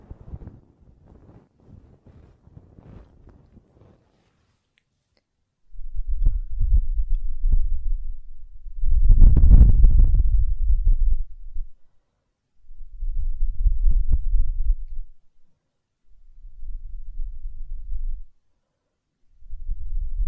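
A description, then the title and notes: Ear cleaning and blowing: soft scratchy rustles early, then low muffled rumbling gusts in bursts, loudest around ten seconds, with short silent gaps. ASMR Ear Cleaning and Blowing (No Talking).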